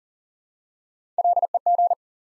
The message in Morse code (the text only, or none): LEG